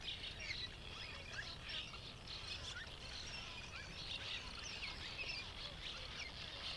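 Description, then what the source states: Many Cliff Swallows give overlapping squeaky chirps and rolling twitters without pause, a thick chattering wall of sound above low background rumble. Late morning at a Cliff Swallow rookery, Columbia National Wildlife Refuge; thousands of swallows darting in and out of hundreds or thousands of cliff nests.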